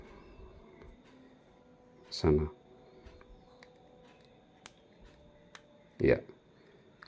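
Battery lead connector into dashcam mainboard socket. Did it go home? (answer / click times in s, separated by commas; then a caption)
yes / 7.0 s. A small plastic battery wire connector is pressed with a screwdriver tip into its socket on the circuit board of a 70mai A500 dashcam during a battery upgrade from 500mAh to 850mAh. Someone talks in two short bursts, and faint ticks and taps are heard in between. A sharp click at 7.0 s marks the connector seating fully in the socket.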